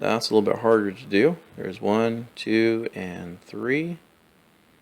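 Someone talks while working the first of the three bottom plastic snap fittings of a tilt-out shoe compartment into place one-handed on an IKEA Hemnes shoe cabinet. Only speech is heard, with no clicks or impacts. Nothing has seated or clicked yet.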